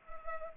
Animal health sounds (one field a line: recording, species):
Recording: mosquito wingbeat signal from an infrared sensor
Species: Culex pipiens